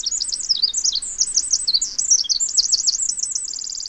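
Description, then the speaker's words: Pacific Wren song: a rapid, tumbling run of very high, sweet warbled notes that rise and fall, ending in a fast, even trill. Pacific wrens sing in earnest by mid-February, even as far north as British Columbia. "Even as far north as British Columbia, Pacific wrens are singing in earnest by mid-February."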